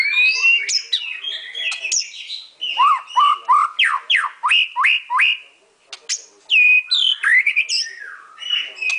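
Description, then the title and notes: White-rumped shama song, varied whistles leading into a rapid string of repeated upslurred notes, then more warbled phrases after a brief pause. Masteran (training) song. "Murai Batu Album 01. Masteran Murai Batu"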